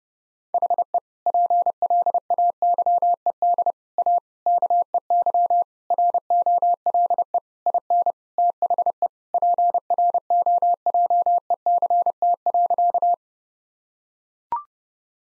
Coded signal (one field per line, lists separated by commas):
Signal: Morse code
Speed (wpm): 30 wpm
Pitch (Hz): 700 Hz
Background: none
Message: HE PLAYED A KEY ROLE IN THE PROJECT.